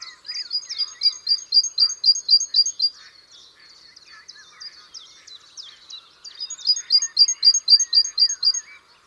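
Bird calls: two bursts of sharp, high notes repeated about four times a second, separated by softer twittering, with fainter lower whistled notes underneath.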